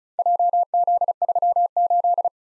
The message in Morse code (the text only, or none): JZ38